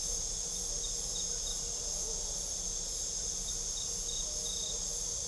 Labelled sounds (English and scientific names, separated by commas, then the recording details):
none
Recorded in pastures near Puerto Asís, Putumayo, Colombia, on 26 December 2024 at 22:30
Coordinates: 0.497, -76.327
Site G088